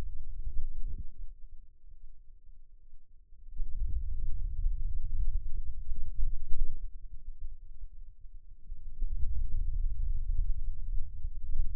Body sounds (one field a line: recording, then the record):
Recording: forearm muscle sounds (acoustic myography)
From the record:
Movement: hand opening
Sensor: system 2, bracelet of six BSWA MPA416 microphones around the upper forearm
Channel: 1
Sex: male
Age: 22 years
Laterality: right